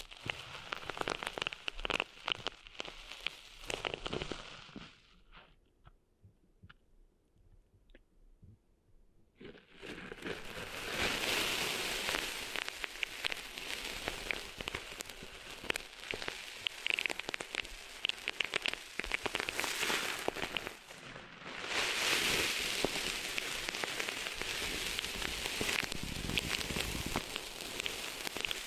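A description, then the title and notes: Sand is being cleaned out of an ear: a dense, bright scratching and crackling rustle, like grains shifting. It stops almost completely from about five to nine seconds, then resumes steadily, with one brief pause near twenty-one seconds. ASMR Cleaning Sand Out of Your Ears (No Talking).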